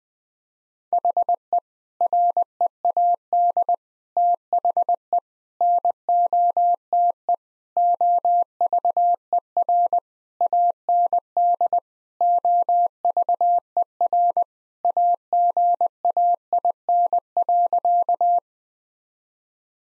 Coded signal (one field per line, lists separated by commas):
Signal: Morse code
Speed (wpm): 20 wpm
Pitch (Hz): 700 Hz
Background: none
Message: HE READ THE NOTE OVER AND OVER AGAIN.